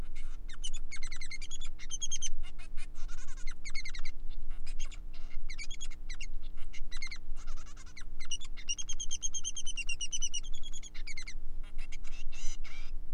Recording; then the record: song of a male Bengalese finch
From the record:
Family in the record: son of father 3